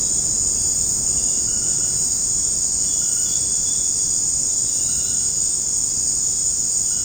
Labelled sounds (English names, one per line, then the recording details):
none
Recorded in dense forest near Puerto Asís, Putumayo, Colombia, on 29 June 2025 at 18:30
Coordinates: 0.486, -76.317
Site G065